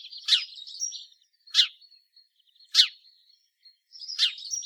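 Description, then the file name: House sparrow giving loud, harsh chirps about every second and a quarter, with soft twittering notes in the gaps between them. "Passer domesticus"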